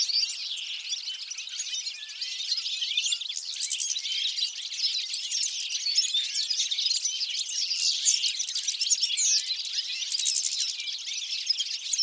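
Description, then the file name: European goldfinch chorus, a constant busy mix of thin chirps and liquid twitters from numerous birds. "Carduelis carduelis"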